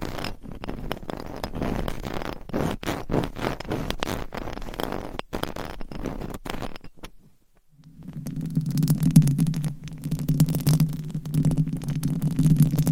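Mic scratching fills the first seven seconds with rough, dense rubbing and sharp scrapes, low and full with frequent quick strokes. After a brief near-silent dip around seven to eight seconds, a steady low rumbling drone takes over, with crackly scratches continuing on top.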